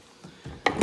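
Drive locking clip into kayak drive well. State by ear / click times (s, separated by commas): seated / 0.7 s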